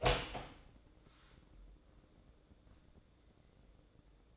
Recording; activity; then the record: daily activity, microphone in the room; open door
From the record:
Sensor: 3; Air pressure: 1012.3 hPa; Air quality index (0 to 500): 179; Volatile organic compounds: 3 ppm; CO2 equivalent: 1366 ppm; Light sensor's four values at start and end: 516/1282/528/535 and 515/1278/526/533